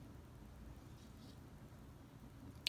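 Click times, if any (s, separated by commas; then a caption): 2.7 s. A passenger-side CV axle shaft on a 2006–2011 Civic Si is pushed straight into the transmission differential, with a low, steady rumble underneath. At 2.7 s one sharp click is heard as the axle's retaining clip snaps into place, seating the axle.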